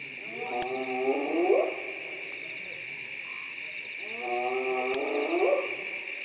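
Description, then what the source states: Hyena calls: two rising, harmonic whoops over a constant high drone. Africa, 27 June 2018.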